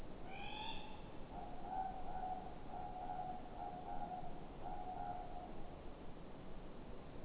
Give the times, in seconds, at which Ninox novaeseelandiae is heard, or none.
0.08-5.79